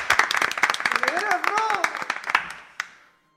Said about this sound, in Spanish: Un aplauso, esperad.